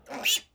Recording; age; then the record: pig call; piglet (1 to 25 days)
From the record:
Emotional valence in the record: negative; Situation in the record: restrain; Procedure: back test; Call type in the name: high-frequency call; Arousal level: low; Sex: female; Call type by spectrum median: high-frequency call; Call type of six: high-frequency stable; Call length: 0.55 s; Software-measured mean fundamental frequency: 317 Hz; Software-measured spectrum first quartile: 2806 Hz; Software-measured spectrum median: 3978 Hz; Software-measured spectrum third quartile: 7824 Hz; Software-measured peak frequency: 2837 Hz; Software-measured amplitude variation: 188 dB a second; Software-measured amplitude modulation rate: 14.5 a second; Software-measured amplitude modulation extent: 12.9 dB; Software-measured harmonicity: 6.8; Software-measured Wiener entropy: -2.38